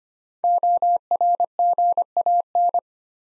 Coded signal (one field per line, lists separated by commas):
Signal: Morse code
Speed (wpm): 25 wpm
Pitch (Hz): 700 Hz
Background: none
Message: ORGAN